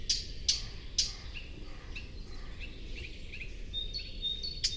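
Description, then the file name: Eurasian blackcap calls: three sharp tac clicks in the first second, then quieter notes and a thin high whistle, over steady low background noise. "Sylvia atricapilla"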